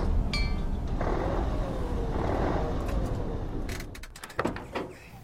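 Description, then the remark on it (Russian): A foreign-made pickup truck's door opens and closes as a man steps out in a snow-covered rural area: a steady low rumble gives way to several sharp latch clicks and a solid thump near the end, with no voices. “Антиквар выходит из иномарки модели пикап, осматривает местность, вокруг все белым-бело.”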